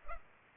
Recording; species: mosquito wingbeat signal from an infrared sensor; Culex pipiens